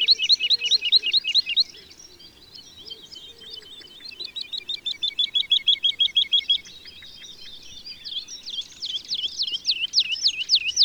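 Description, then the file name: Woodlark singing a string of phrases. Each is a rapid series of repeated fluty notes, some falling, some looped, with a quieter trill between the louder runs. March. "Mars LAlouette lulu"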